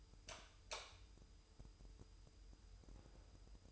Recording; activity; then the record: daily activity, microphone in the room; light on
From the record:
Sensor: 2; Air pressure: 988.2 hPa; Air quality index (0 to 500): 190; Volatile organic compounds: 177 ppm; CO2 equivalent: 4133 ppm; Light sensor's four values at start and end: 7/16/7/7 and 12/35/14/14